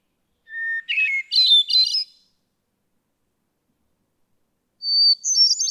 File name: Hermit Thrush